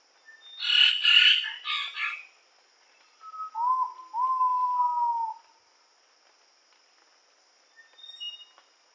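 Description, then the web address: Ivory-breasted pitta double whistle, a short note then a long falling one, following a loud harsh squawking bird call, with a constant high drone behind. Indonesia. "ULM-DS-Lab indonesian-bird-sounds. Pitta maxima"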